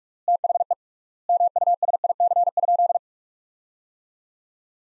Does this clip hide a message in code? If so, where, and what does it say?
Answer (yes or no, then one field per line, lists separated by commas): yes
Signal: Morse code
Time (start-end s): 0.3-3.0 s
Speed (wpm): 46 wpm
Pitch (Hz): 700 Hz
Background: none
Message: THE MUSIC?